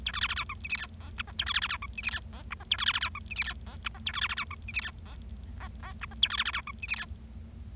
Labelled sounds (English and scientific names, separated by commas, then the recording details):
Bengalese Finch (Lonchura striata domestica) song
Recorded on 25 March 2012 at 18:23
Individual gy6or6